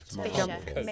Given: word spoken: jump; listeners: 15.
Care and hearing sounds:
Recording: one English word in noise, from a listening test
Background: four-talker babble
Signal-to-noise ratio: -1.0 dB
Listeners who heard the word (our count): 0 of 15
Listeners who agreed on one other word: 8 of 15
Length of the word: 0.52 s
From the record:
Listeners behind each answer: 8, 3, 1, 1, 1, 1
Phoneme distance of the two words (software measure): 40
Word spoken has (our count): 1 syllable, 4 phonemes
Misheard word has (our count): 2 syllables, 4 phonemes, stress on syllable 1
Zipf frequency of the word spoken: 4.84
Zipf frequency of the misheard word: 3.75

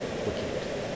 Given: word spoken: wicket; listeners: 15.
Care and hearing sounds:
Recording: one English word in noise, from a listening test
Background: speech-shaped noise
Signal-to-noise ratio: -6.2 dB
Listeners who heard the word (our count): 0 of 15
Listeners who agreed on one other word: 8 of 15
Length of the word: 0.56 s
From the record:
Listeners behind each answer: 8, 3, 1, 1, 1, 1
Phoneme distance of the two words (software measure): 10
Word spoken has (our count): 2 syllables, 5 phonemes, stress on syllable 1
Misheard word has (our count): 2 syllables, 5 phonemes, stress on syllable 1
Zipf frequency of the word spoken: 3.60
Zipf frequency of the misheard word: 4.16

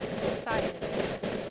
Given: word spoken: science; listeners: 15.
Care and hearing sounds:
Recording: one English word in noise, from a listening test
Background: noise modulated by three-talker babble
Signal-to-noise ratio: -7.7 dB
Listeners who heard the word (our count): 0 of 15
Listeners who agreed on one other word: 7 of 15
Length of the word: 1.10 s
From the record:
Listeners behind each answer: 7, 5, 1, 1, 1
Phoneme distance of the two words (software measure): 7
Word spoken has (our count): 2 syllables, 5 phonemes, stress on syllable 1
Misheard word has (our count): 2 syllables, 6 phonemes, stress on syllable 1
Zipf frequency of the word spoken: 4.80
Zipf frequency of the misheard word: 4.33

